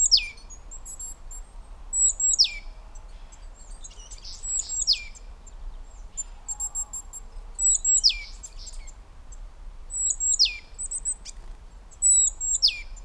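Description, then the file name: Great tit calls: a high thin note dropping sharply into a lower downslurred note, in paired phrases repeated every two to three seconds, over a low steady background hum. "Parus major"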